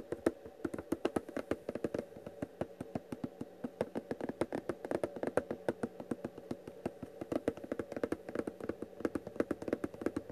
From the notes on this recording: Tapping ASMR sounds